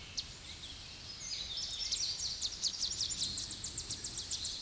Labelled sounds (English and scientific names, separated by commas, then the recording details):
Tennessee Warbler (Leiothlypis peregrina) song
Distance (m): 15 m
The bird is about 5 m above the microphone
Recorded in a Pennsylvania forest on 16 May 2024 at 07:04
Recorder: AudioMoth, point MSD-0661
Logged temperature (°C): 15.8 °C
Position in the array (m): 73 m, 104 m